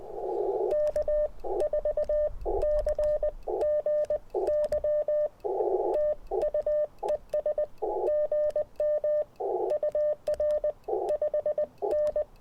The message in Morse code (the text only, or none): K4CGY TU ES GM UR 5N